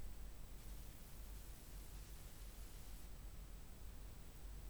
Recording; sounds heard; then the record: poultry house recording; no chicken sound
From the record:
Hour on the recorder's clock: 18